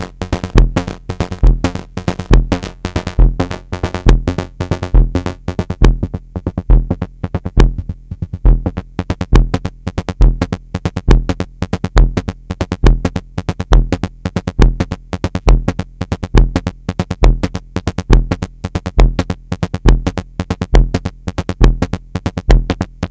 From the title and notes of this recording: The transmissions are a mix of environmental sounds and these hard blips.